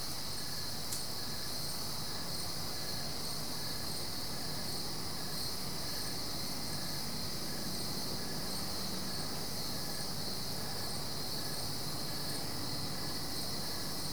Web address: The BBC Sound Effects Library - Complete 60 CDs Collection Sound Effects Library- (America) Goldens Bridge, NY State - crickets at night